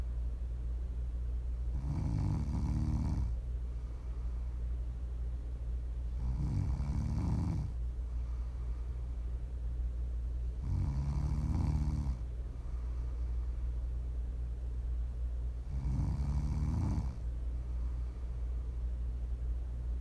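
Four regular, low-pitched snores in 20 seconds, each a rumbling inward breath of about a second, roughly 13 breaths a minute, from an adult woman asleep. A steady low hum runs underneath. This is ordinary snoring during sleep, offered as ASMR for listening to sleep, relax or wind down.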